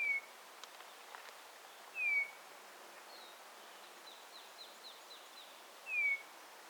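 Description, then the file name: Eurasian bullfinch calls: three soft, fluting downslurred whistles, the first two about two seconds apart and the third about four seconds later, with a faint series of high chirps between the last two. "Pyrrhula pyrrhula"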